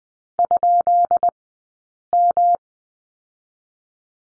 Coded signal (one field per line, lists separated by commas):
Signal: Morse code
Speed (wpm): 20 wpm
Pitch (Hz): 700 Hz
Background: none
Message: ?M